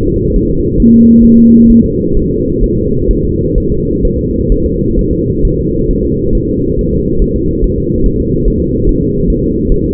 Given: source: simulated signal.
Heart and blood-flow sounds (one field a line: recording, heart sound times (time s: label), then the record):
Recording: fetal heart sounds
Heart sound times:
0.08 s: S2
0.36 s: S1
0.50 s: S2
0.80 s: S1
0.94 s: S2
1.25 s: S1
1.39 s: S2
1.70 s: S1
1.84 s: S2
2.17 s: S1
2.31 s: S2
2.64 s: S1
2.78 s: S2
3.11 s: S1
3.25 s: S2
3.58 s: S1
3.72 s: S2
4.05 s: S1
4.19 s: S2
4.52 s: S1
4.66 s: S2
4.99 s: S1
5.13 s: S2
5.45 s: S1
5.59 s: S2
5.90 s: S1
6.05 s: S2
6.35 s: S1
6.49 s: S2
6.79 s: S1
6.93 s: S2
7.22 s: S1
7.36 s: S2
7.64 s: S1
7.78 s: S2
8.06 s: S1
8.20 s: S2
8.48 s: S1
8.62 s: S2
8.89 s: S1
9.03 s: S2
9.30 s: S1
9.44 s: S2
9.72 s: S1
9.86 s: S2
From the record:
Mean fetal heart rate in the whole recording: 135 bpm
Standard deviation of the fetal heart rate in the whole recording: 3 bpm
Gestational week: 36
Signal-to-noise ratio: -15.3 dB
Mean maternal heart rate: 72 bpm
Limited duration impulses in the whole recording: present